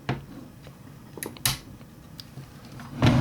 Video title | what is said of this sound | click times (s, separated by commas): SKS Reassembly | and you're going to take this switch again and flip it back until it clicks to hold into place | 1.5 s